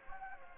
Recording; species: mosquito wingbeat signal from an infrared sensor; Anopheles gambiae